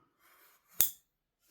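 The titanium pocket clip of an Ameight Preyert 2 Ti M390 knife is pulled off jean-weight denim fabric. After a soft rustle, it snaps back against the handle with one sharp click at 0.8 s. The clip releases cleanly with great tension, and the result is judged excellent.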